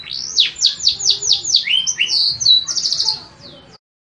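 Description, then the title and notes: Atlantic Canary song opening with a rapid series of descending sweeps, shifting into varied notes and a short buzzy trill before stopping abruptly. Domestic canary (kenari) master song, a tutor song used for training other canaries to sing. "Suara Burung Kenari Masteran. master suara burung kenari mantap"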